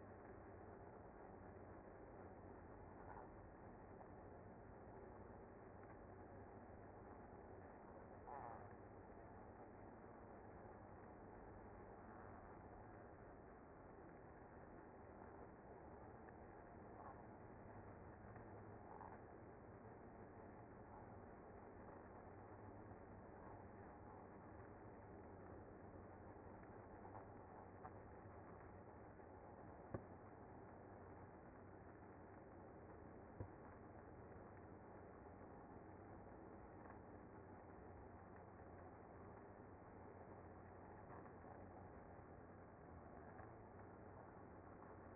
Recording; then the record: honeybee colony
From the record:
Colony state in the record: active